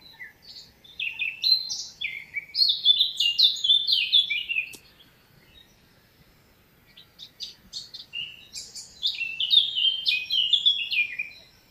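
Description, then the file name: Eurasian blackcap singing a rich, rapid warble ending in clear whistled notes, falling quiet for a few seconds before a second fluty phrase. "Sylvia atricapilla"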